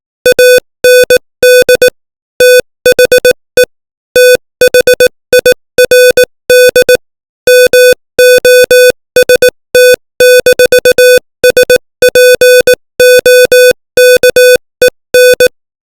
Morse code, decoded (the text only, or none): AND THE THIRD MOST-SPOKEN